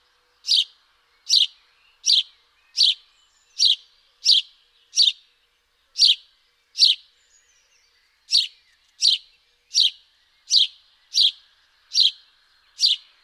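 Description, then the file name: House sparrow chirps, short bright notes repeated roughly once a second in a steady series with a brief gap midway, no other sounds. "Passer domesticus"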